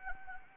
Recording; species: mosquito wingbeat signal from an infrared sensor; Anopheles gambiae